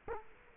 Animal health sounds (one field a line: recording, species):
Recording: mosquito wingbeat signal from an infrared sensor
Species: Culex quinquefasciatus